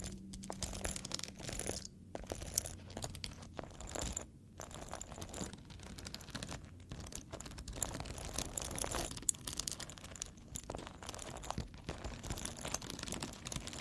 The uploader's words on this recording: Tapping, Foam, Scratching, NO TALKING.